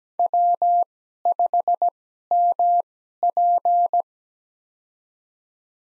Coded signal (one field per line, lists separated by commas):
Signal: Morse code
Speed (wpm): 17 wpm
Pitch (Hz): 700 Hz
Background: none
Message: W5MP